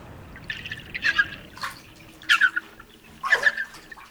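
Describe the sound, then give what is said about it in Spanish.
Water sloshes and splashes in a bathtub in several short, bright bursts, with quieter trickling and dripping between them and no talking. “¡Para, que se sale el agua!”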